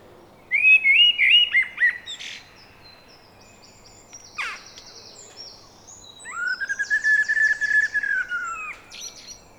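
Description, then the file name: Eurasian blackbird singing: a mellow warbled phrase with a high twittering tail, then a long smooth whistle overlaid by rapid high squeaks. "Turdus merula"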